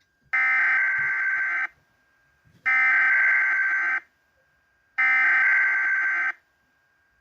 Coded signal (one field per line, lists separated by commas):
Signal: Emergency Alert System (SAME) tones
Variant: header bursts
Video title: FIRST TEST OF SPRING APRIL 2023 (EAS #04-05) EAS Tests from 04/06/2023 (BHV) (Pretend the Public)